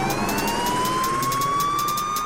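A police siren wails steadily, its high tone slowly sliding upward, loud and continuous, with a rapid ticking rhythm and a low rumble underneath.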